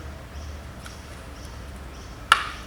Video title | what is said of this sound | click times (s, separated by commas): Find Out More the Striplox Range of Connectors and Fasteners - Available from Fit NZ. | and now it's locked into place and we have a completely concealed join perfect | 2.3 s